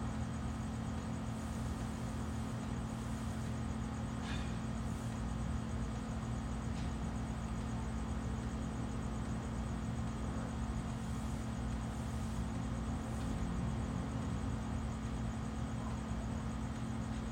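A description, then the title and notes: A backyard at night fills with a steady low hum of traffic, a faint tonal drone, and occasional soft brief sounds. Backyard at night in Pheonix, Arizona. This episode was recorded at night in the backyard of a central Phoenix home.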